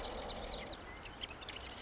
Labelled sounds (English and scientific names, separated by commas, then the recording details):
Marsh Wren (Cistothorus palustris)
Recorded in Sonoma County, California